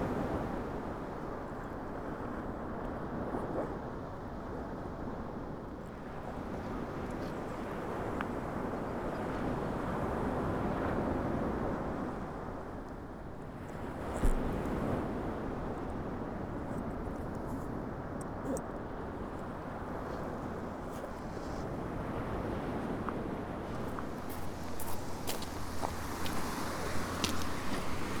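Outdoors along the South West Coast Path, a steady low rumble and wind buffeting fill the whole recording, with a vehicle or aircraft drone beneath. A brief knock sounds around fourteen seconds, and scattered clicks and rustles grow busier in the final few seconds.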